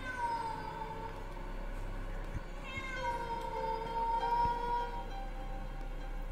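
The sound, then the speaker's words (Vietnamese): A cat on a bed meows in long, drawn-out wails, the first rising and the second sliding down in pitch, over a steady low hum with no one talking. “Vừa quay lại thì cùng lúc lại có tiếng con mèo ở trên giường.”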